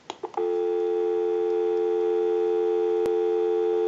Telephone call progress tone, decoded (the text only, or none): dial tone